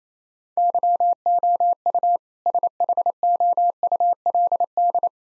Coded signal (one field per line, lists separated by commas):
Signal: Morse code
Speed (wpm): 27 wpm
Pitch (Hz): 700 Hz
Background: none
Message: YOU SHOULD